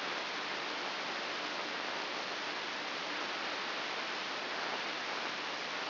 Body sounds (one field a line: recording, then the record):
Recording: brain microelectrode recording played as sound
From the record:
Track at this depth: inside the subthalamic nucleus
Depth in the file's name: 6.001 mm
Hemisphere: right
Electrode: 2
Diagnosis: Parkinson's disease